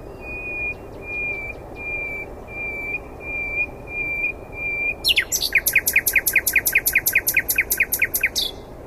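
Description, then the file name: Common nightingale song opening with a string of thin sustained whistles, then bursting into a fast, loud trill of repeated notes. "Luscinia megarhynchos"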